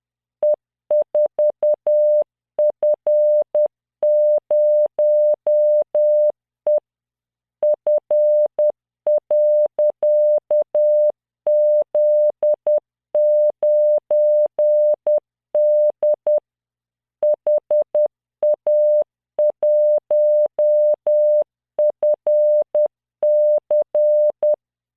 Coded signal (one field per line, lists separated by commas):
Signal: Morse code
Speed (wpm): 10 wpm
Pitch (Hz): 600 Hz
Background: none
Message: E4F0E F.Z9D HA1FC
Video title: tamanのモールス練習動画83（モールス信号 速度10WPM morse code)